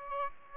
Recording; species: mosquito wingbeat signal from an infrared sensor; Aedes aegypti